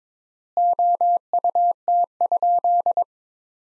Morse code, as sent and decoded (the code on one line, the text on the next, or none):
--- ..- - ..--..
OUT?